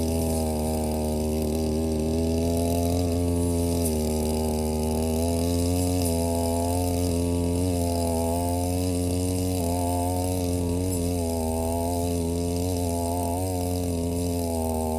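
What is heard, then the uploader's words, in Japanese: A brush cutter runs continuously while cutting grass along rows of green onions and around the field. The engine drone stays steady and loud throughout, its pitch wavering slightly up and down as the blade meets the grass, with faint scratchy rasps mixed in. ひたすら草刈り機で草刈り。梅雨真っ只中。草刈り機でネギの列、そして畑まわりを刈っていきます。録音場所は固定なので、あっちへ行ったり、こっちへ行ったりがわかりますね。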